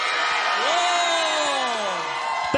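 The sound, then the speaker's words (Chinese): A live concert audience at a radio programme's music concert roars steadily throughout, cheering and shouting singers' names, with rising and falling shouted calls and whoops cutting through the dense, loud cheering. “咁但係咧，有現場嘅音樂會最緊要咧就多咗你哋嘅參與，所以點解一路都好希望你哋嘅歡呼聲越大越好，就因為除咗呢一個 support 係俾我哋之外咧，亦都係俾今日出場嘅歌手嘅。”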